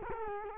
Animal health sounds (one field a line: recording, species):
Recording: mosquito wingbeat signal from an infrared sensor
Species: Culex quinquefasciatus